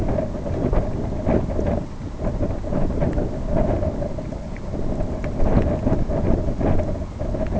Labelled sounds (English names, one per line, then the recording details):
none
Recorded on Arctic tundra, site IGLO-B, on 25 June 2018
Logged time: 19:59